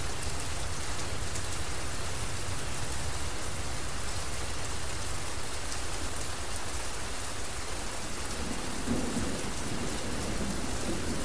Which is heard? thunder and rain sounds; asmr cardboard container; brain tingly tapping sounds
thunder and rain sounds